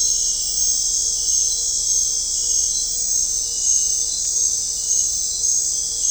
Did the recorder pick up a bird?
no